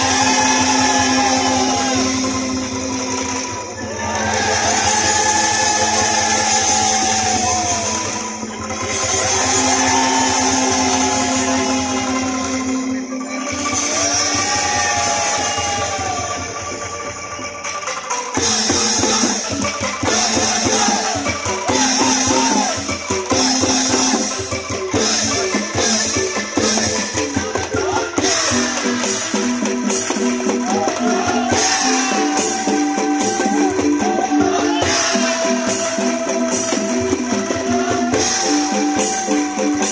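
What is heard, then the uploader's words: Traditional kentongan music plays throughout, with a steady low drone and sustained, wavering melodic tones over the first eighteen seconds. After that the ensemble turns dense and rhythmic, with rapid bamboo knocks and bright percussive strikes repeating regularly over a constant bed of sound. This is a traditional kentongan music festival in Banyumas Regency, Central Java, Indonesia.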